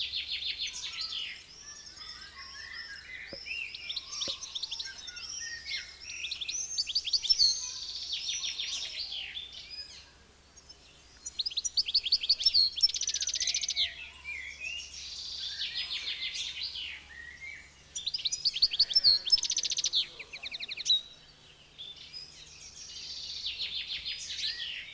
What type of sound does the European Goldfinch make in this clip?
song